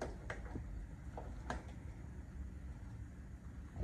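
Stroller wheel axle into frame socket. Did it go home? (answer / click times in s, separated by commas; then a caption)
no / none. A wheel axle is shoved into the frame socket of a Jeep Unlimited Range jogger stroller, giving a few short knocks and scrapes around 0.0, 0.3, 1.2 and 1.5 seconds over a low steady background. Nothing has seated or clicked yet.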